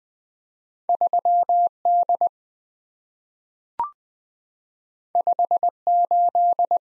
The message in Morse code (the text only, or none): 3D 58